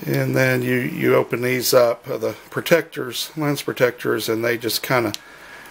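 Someone talks throughout while handling the plastic flip-up lens protector caps on a Sparc AR red-dot optic, opening them up. Nothing has snapped into its open position yet.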